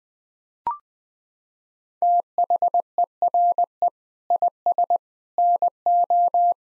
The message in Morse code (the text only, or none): THERE IS NO